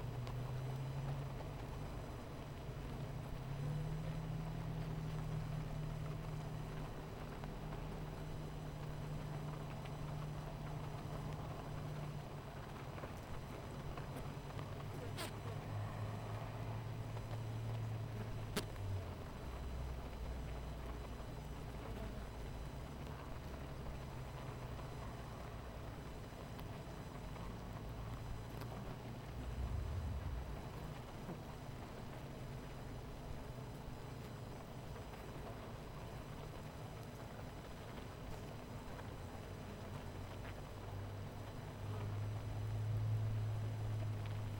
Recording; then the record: honeybee colony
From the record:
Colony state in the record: missing queen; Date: 14 July 2017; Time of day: 18:05